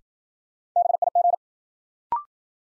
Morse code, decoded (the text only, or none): BIG